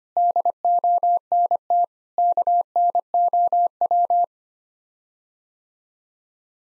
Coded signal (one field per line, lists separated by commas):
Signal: Morse code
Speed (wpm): 25 wpm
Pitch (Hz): 700 Hz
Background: none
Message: DONT KNOW